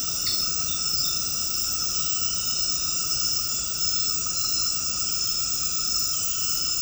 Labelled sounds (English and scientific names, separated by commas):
none